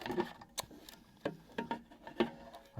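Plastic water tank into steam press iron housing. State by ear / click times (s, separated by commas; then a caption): not seated / none. The plastic water tank of a Swan steam press iron is pushed repeatedly against the iron's housing, but its small plastic brackets have broken off. It only knocks and rattles, with sharp knocks around 0.1, 0.2, 0.6, 1.3, 1.6 and 2.2 s. Nothing has seated or clicked yet, and the tank does not lock into place.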